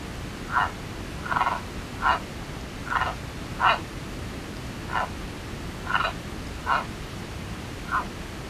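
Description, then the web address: Frog calling with a series of nine short grating notes, roughly one a second, over steady hissing background noise. North America. "Songs of Frogs Toads of North America. Sierra Madre Yellow-legged Frog"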